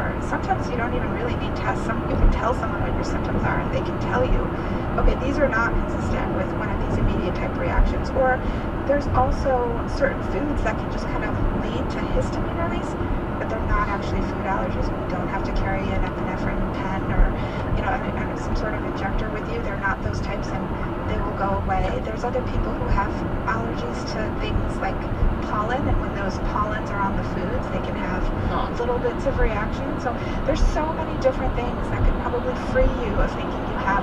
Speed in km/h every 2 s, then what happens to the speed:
106, 106, 105, 105, 103, 101, 100, 101, 101, 101, 101, 103, 103, 103, 103, 103, 105.
0-34 steady at about 103.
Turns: none.